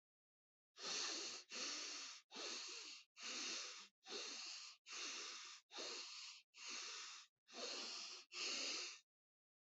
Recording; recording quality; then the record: shallow breathing; excellent, no background noise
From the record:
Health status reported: healthy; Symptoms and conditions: none ticked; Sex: male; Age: 24 years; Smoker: not ticked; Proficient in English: yes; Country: India